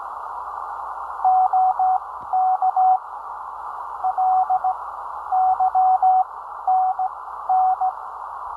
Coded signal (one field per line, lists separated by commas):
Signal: Morse code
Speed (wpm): 15 wpm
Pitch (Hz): 750 Hz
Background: none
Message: OK LYNN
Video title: Amateur radio contact - Morse code with captions. Ten-Tec 506 Rebel